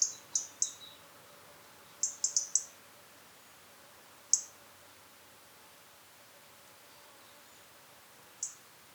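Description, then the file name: European robin giving sharp, high clicking tick notes, a quick burst of three, then a cluster of four, with single ticks after long pauses. "Erithacus rubecula"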